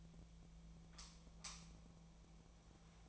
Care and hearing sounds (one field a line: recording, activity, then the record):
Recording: daily activity, microphone in the room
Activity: light off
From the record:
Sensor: 1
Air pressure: 1009.8 hPa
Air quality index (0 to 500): 189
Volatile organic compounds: 17 ppm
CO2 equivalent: 2592 ppm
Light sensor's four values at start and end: 47/134/55/63 and 36/91/38/46